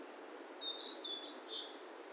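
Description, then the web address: Bird song: one short, high twittering phrase of thin whistled notes, heard over a broad hissing background. "yacho koe"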